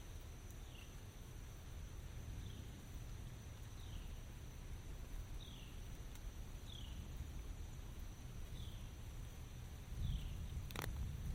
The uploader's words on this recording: Relaxing Walk in the Rain, Umbrella and Nature Sounds for Sleep and Relaxation _ 4k ASMR.